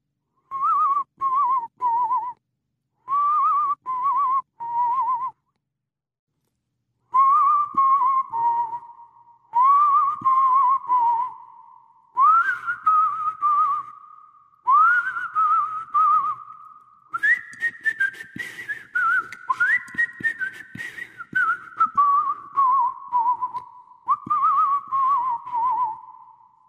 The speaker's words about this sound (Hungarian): A férfi a lépcsőfordulóhoz érve halkan fütyörészni kezdett. A három vakegér dallamát fütyülte.